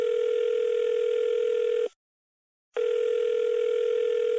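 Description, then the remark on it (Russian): A phone call home rings out unanswered: two long, steady electronic tones with a brief silent pause between them, each a flat, buzzing hum held at one pitch. “Далила позвонила домой, никто не ответил.”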